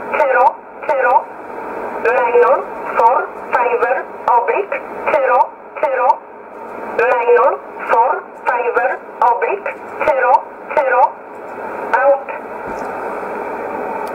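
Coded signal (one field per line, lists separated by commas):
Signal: numbers station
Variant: E11 Oblique, English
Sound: a voice reading short words, likely numbers, one about every second over radio hiss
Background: radio static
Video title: 03 06 2020 E11 Oblique Numbers station in English 0641 on 15800 unknown tx site in USB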